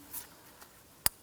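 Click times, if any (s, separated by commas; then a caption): 1.1 s. An electrical connector is pressed onto an ignition coil on a 2005-2007 Ford Five Hundred. After faint light rustling, a sharp click at 1.1 seconds is heard as the connector snaps into place and seats.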